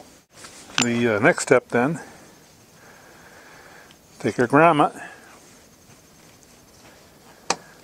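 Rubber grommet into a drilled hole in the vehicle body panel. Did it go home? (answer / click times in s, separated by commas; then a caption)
yes / 7.5 s. A rubber wiring grommet is pushed into a 3/4-inch hole, drilled with a step drill in the sheet metal body panel of a towed vehicle for tail light wiring. Someone talks over faint background noise for the first five seconds, and after a quiet stretch the grommet snaps into the hole with one sharp click at 7.5 s, seating it.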